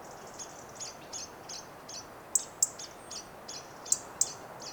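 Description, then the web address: European robin calls, two pairs of sharp high ticks amid a regular series of softer, fainter high notes. "SETE data Erithacus rubecula 291003"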